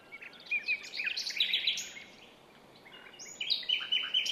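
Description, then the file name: Common nightingale song: bright chattering and whistled notes, a short pause, then further trilled and whistled phrases. "Luscinia megarhynchos"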